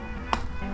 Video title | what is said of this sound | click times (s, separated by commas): Vitilan T7 eBike Races Renegade | certainly looks like it yeah going to snap right in there | 0.3 s